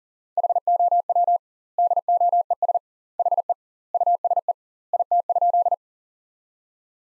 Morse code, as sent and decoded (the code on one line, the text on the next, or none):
.... --- .-- / -.. --- . ... / .... . / ..- ... . / .. - ..--..
HOW DOES HE USE IT?